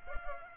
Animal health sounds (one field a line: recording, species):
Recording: mosquito wingbeat signal from an infrared sensor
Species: Culex pipiens